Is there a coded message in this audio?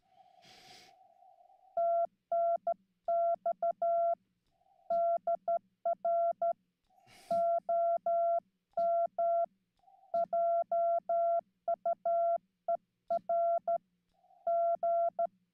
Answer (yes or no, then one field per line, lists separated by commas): yes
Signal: Morse code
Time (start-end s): 1.8-15.3 s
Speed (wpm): 12 wpm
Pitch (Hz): 680 Hz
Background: none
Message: TNX DR OM JUERG